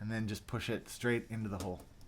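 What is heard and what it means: A mechanical key switch, its two metal pins lined up with the holes, is being handled for pushing straight down into the keyboard plate and board while someone talks. A faint short tick comes near the end, but the switch has not seated or clicked into place yet.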